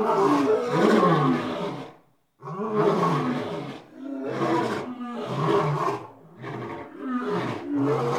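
Lion giving loud, rough roars in bursts of one to two seconds, separated by brief pauses, with a gravelly, throaty tone throughout.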